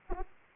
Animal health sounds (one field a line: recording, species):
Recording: mosquito wingbeat signal from an infrared sensor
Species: Anopheles arabiensis